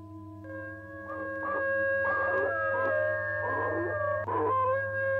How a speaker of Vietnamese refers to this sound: Nhìn lên trên ánh trăng sáng rực giữa bầu trời, tựa như là một cái mâm đồng treo giữa nền trời trong vắt, nó hú lên một tiếng.